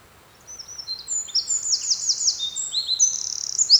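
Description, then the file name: Eurasian wren song: a rapid, high, tumbling stream of sharp notes and fast trills, loud and unbroken after a quiet start. "Troglodytes troglodytes"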